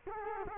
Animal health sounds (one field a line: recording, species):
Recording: mosquito wingbeat signal from an infrared sensor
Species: Culex quinquefasciatus